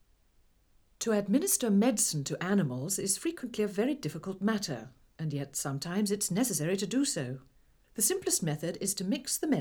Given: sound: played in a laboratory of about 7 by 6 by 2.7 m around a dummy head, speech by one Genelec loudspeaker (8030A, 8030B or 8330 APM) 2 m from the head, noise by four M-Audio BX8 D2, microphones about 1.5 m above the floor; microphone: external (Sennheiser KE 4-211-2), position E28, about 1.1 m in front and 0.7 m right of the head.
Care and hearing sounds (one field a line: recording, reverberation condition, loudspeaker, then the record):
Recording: female speech in English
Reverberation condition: low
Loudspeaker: 30 degrees to the right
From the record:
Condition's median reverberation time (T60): about 310 ms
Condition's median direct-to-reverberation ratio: about 3.5 dB